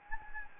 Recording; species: mosquito wingbeat signal from an infrared sensor; Anopheles gambiae